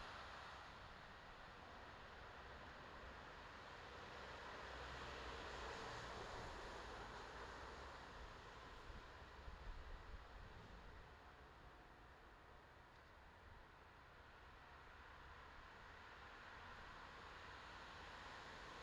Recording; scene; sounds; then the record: everyday scene through a hearing-aid microphone; in traffic; traffic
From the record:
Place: bus stop on a city main road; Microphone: in the ear canal, left